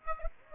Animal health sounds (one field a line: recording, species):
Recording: mosquito wingbeat signal from an infrared sensor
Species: Aedes aegypti